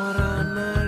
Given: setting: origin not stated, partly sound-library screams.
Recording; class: one-second piece from a danger detection set; normal situation